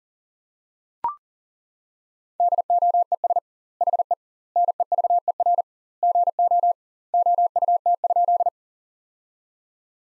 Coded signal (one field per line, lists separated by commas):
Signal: Morse code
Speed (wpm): 40 wpm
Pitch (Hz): 700 Hz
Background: none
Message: DOES HE NEVER GO OUT?